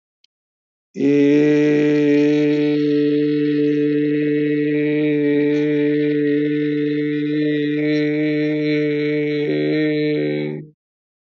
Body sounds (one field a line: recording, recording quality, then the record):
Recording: sustained vowel as in made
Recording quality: excellent, no background noise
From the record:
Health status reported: healthy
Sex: male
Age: 60 years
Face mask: not worn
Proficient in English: yes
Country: India